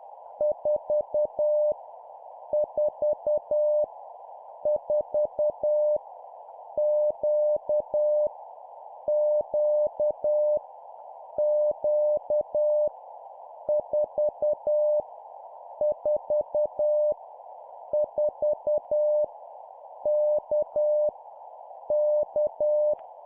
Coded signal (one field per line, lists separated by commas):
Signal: Morse code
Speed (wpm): 10 wpm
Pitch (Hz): 600 Hz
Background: none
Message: 4 4 4 Q Q Q 4 4 4 K K